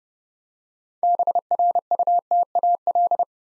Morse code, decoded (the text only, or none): BRUTAL